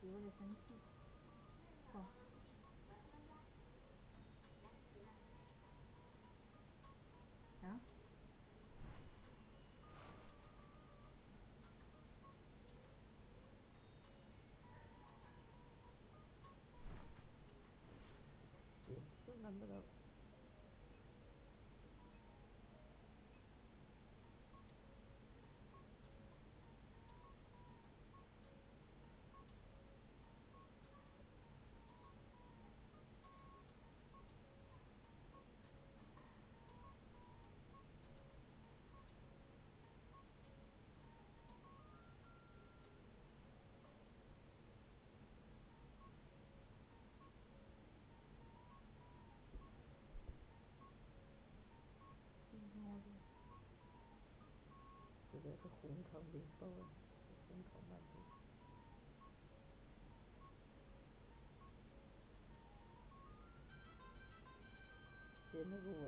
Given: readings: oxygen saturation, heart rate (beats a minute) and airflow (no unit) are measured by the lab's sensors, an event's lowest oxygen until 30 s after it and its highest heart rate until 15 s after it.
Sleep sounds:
a person awake in a sleep study, by a voice recorder at the bedside; none
0.00-66.07 s: awake
0.00-66.07 s: awake
From the record:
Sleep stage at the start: awake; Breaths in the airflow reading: 23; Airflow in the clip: -0.7 to 0.6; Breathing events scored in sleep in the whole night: 496 in 5.4 hours asleep

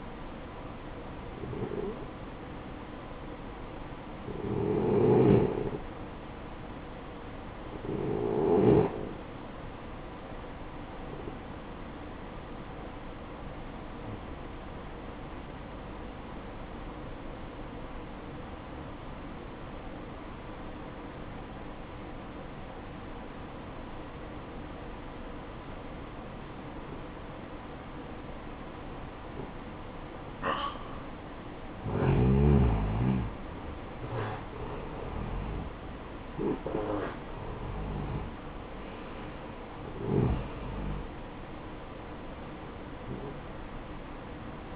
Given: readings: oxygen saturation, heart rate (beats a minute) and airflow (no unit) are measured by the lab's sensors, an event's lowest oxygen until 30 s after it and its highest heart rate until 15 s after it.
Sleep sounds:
breathing in sleep by a voice recorder at the bedside; 1
15.00-34.50 s: obstructive apnea (N1, oxygen 94% highest, then 87% lowest, heart rate 56 at the start, 65 highest)
From the record:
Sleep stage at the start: N1 (lightest sleep); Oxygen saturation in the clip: 87 to 94%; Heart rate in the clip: 54 to 65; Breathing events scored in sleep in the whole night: 573 in 9.8 hours asleep

